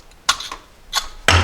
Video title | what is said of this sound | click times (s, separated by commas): How to Replace Brake Pads and Rotors - Jeep | then this pops out like that and then push this down that pops out that one now | 0.3 s, 1.3 s